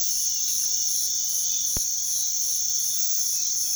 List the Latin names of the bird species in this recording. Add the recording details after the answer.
none. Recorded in pastures near Puerto Asís, Putumayo, Colombia, on 21 February 2024 at 05:30. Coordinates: 0.468, -76.328. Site G6414